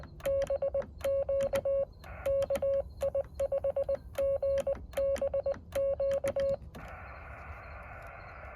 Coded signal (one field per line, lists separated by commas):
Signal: Morse code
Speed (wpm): 20 wpm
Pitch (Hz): 550 Hz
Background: radio noise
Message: BQ KI5GBQ